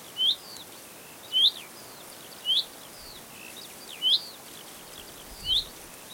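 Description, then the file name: Common chaffinch giving short, sharp high notes about once every second, with faint chirps of other birds over steady background hiss. "Fringilla coelebs"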